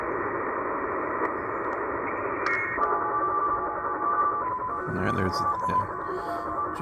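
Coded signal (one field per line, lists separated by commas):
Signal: channel marker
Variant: Japanese slot machine marker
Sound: repeating electronic jingle-like tones switching pitch over loud shortwave hiss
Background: radio static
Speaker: slot machine channel marker once more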